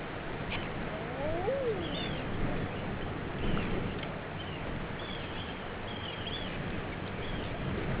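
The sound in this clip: Eider cooing call: one low moan that rises then falls early on, over a steady low rumble, with thin high chirps scattered throughout.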